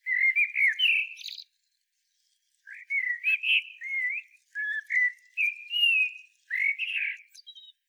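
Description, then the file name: Common blackbird singing a leisurely, varied warble of fluty slurred whistles, broken by a brief pause, with thin squeaky notes scattered through. "Turdus merula"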